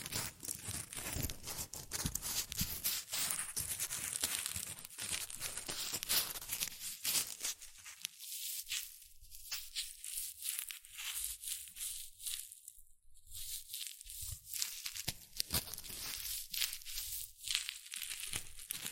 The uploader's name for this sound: Rustling and Crinkle Sounds (Shredded Tissue, Packing Peanuts)